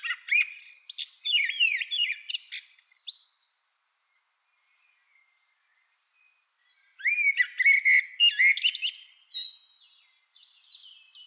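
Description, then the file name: Common blackbird song with two phrases of flute-like warbling mixed with high twitters, separated by a pause with a faint thin high note. "Turdus merula"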